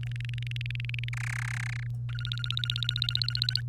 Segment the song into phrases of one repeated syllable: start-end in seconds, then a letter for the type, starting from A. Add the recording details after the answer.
0.03-1.09 A, 1.13-1.86 B, 2.09-3.61 C. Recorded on 1 May 2018 at 14:57. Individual llb3